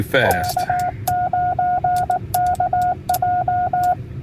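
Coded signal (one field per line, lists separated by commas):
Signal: Morse code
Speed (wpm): 19 wpm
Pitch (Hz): 720 Hz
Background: speech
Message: K9KJ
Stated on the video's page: CW-only POTA park activation on a TarHeel antenna installation, with storms rolling in.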